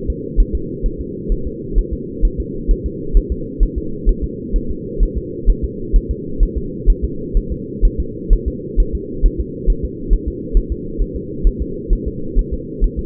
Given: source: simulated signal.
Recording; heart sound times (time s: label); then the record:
fetal heart sounds
0.10 s: S2
0.40 s: S1
0.55 s: S2
0.86 s: S1
1.01 s: S2
1.32 s: S1
1.47 s: S2
1.78 s: S1
1.93 s: S2
2.25 s: S1
2.40 s: S2
2.71 s: S1
2.86 s: S2
3.17 s: S1
3.32 s: S2
3.63 s: S1
3.78 s: S2
4.09 s: S1
4.24 s: S2
4.56 s: S1
4.71 s: S2
5.03 s: S1
5.18 s: S2
5.50 s: S1
5.64 s: S2
5.96 s: S1
6.11 s: S2
6.43 s: S1
6.58 s: S2
6.90 s: S1
7.05 s: S2
7.37 s: S1
7.52 s: S2
7.85 s: S1
8.00 s: S2
8.33 s: S1
8.48 s: S2
8.80 s: S1
8.95 s: S2
9.26 s: S1
9.40 s: S2
9.70 s: S1
9.85 s: S2
10.13 s: S1
10.28 s: S2
10.57 s: S1
10.72 s: S2
11.02 s: S1
11.16 s: S2
11.47 s: S1
11.62 s: S2
11.93 s: S1
12.08 s: S2
12.39 s: S1
12.53 s: S2
12.84 s: S1
12.99 s: S2
From the record:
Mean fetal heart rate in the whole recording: 130 bpm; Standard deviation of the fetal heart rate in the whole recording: 4 bpm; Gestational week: 38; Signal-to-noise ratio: -4.3 dB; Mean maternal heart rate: 72 bpm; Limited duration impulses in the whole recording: present